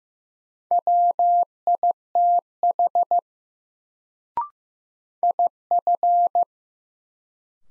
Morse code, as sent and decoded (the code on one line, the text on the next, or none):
.-- .. - .... / .. ..-.
WITH IF